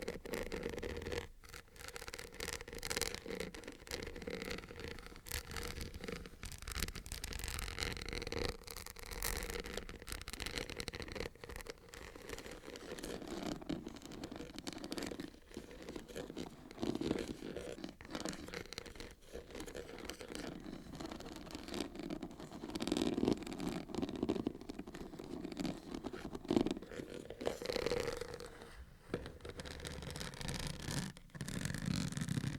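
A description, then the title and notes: Handling sounds from unboxing a microphone: packaging is rustled, scraped and slid across surfaces almost without pause for over half a minute. The noise is dense and crinkly with a low rumble underneath, broken by brief gaps and a few sharper knocks near the end. Crisp and Bassy Microphone Unboxing. No Talking.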